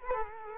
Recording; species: mosquito wingbeat signal from an infrared sensor; Culex quinquefasciatus